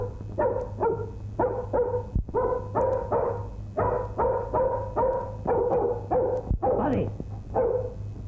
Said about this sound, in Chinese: Buddy，Buddy，我吧，你吠咩你？又吠啦？